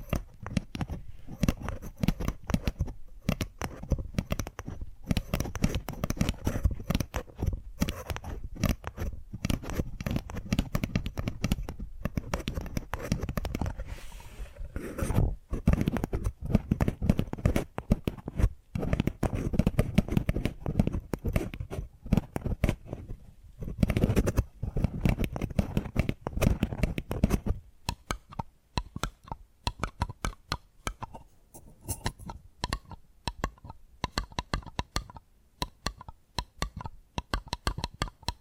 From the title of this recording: Addictive Tapping Triggers